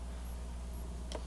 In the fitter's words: Click the lever up. Clicks right in. Boom.